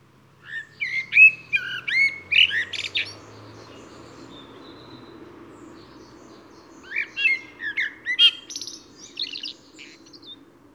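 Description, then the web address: Eurasian blackbird singing two phrases several seconds apart, each mellow whistled notes ending in shrill, scratchy twitters, with a low hum behind. "SETE data Turdus merula"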